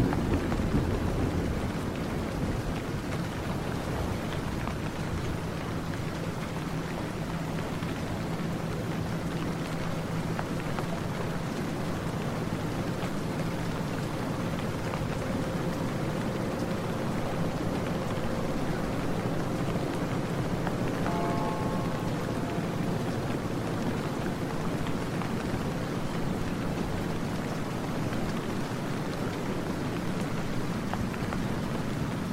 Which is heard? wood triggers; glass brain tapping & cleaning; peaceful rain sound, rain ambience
peaceful rain sound, rain ambience